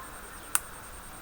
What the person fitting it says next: yeah, little click.